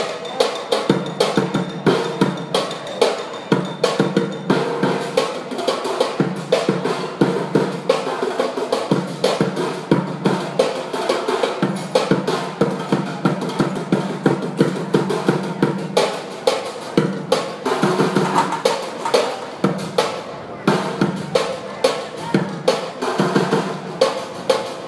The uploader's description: Street Percussionist in Faneuil park Area in Boston